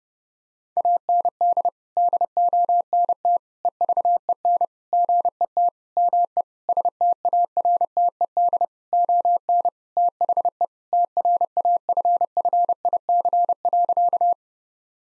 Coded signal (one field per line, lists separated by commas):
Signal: Morse code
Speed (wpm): 30 wpm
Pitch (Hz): 700 Hz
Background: none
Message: AND DONT EVEN GET ME STARTED ON THE TRAFFIC.